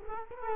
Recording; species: mosquito wingbeat signal from an infrared sensor; Culex quinquefasciatus